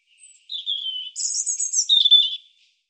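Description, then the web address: European robin song: a thin, drawn-out whistle, then a shrill high trill and a descending warbled flourish, all very high-pitched with a clean background. "cianscape birddata Deverinetal Bird Er Ru"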